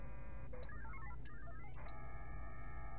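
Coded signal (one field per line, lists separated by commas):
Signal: HF data modem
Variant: VARA HF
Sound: buzzy multi-tone data bursts with a fast warbling stepped-tone sequence between them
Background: radio static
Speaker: that fairly lengthy message of the international space station passes has already been sent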